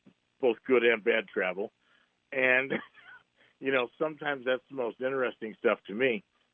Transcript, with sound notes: both good and bad travel, and, (laughs) you know, sometimes that's the most interesting stuff to me.